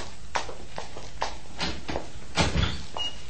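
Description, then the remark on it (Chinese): A door being opened for a visitor, heard as a string of sharp wooden clicks and knocks at an uneven pace, then a louder rattling clatter toward the end, with no voices. “我开啊，哎、好啦。”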